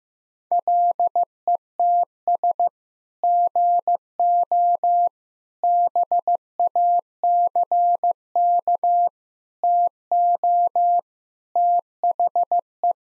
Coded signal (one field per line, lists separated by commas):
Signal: Morse code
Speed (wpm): 15 wpm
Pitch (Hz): 700 Hz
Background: none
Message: LETS GO BACK TO THE